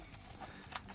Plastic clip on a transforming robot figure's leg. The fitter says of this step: Snap that in.